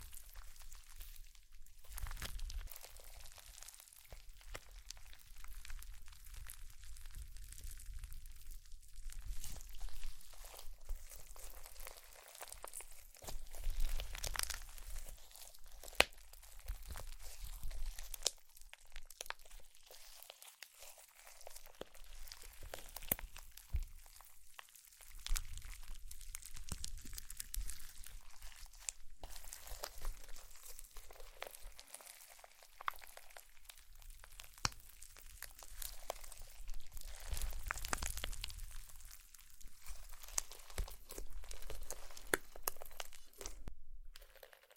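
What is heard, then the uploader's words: Slime is squished and worked, making dense, continuous crackling, popping and crunchy squelches across the whole clip. The sounds come in irregular bursts with brief quieter gaps, bright and crisp on top with soft low thumps underneath. ASMR Slime - SO Satisfying - ( No Talking).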